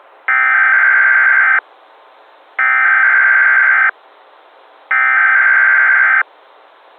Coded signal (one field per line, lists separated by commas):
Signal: Emergency Alert System (SAME) tones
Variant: header bursts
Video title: EAS Scenario/Analog & Digital Horror - Cordis Die